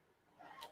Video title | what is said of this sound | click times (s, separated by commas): THE ALLBRANDS SHOW - Martelli Live Virtual Trade Show Specials with Brian and Danny | see how it comes up and then it disappears there's a notch there's a little slide in there so that you hear that click | 0.4 s